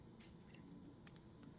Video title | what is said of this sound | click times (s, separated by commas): Trx4m DIY wire organizer (cheap) | Like so, you'll hear a click, | 1.1 s